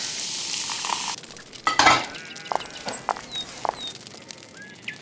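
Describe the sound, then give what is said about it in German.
A large piece of cheese on a small stick is roasted over a fire by Heidi's grandfather: a loud, steady hiss for the first second, then quieter crackling broken by a few sharp clinks, with faint bird chirps threaded through. No one speaks. “Großvater nahm einen kleinen Stock, steckte ein großes Stück Käse drauf und briet es über dem Feuer.”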